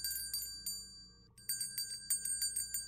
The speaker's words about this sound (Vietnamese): Tiếp đến ông ra bàn thờ tổ thắp hương, rồi lấy một chiếc chuông nhỏ đã chuẩn bị sẵn mà rung lên 3 hồi.